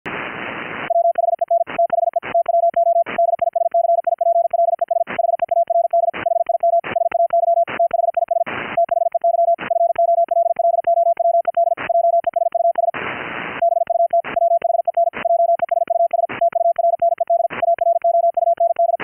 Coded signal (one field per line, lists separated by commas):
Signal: Morse code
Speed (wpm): 53 wpm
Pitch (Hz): 680 Hz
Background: none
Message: WHEN THE TWO DISCIPLES HEARD HIM SAY THIS THEY FOLLOWED JESUS BUT WHEN JESUS TURNED AROUND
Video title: Gstreamer "audio OVER ip" for HAM RADIO - audiointerleave/deinterleave KEY RIG demo